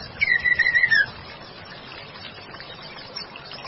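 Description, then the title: White-rumped shama song: a single wavering whistled phrase lasting about a second, then quiet background hiss. "murai batu"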